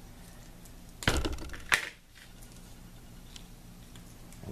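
Snap-fit plastic wings are pulled off a cheap plastic Halloween bat skeleton body, releasing from where they snap into place. Sharp cracking snaps sound at 1.0 s, 1.1 s and 1.7 s, with a smaller tick afterward, as the wings come free. No one talks.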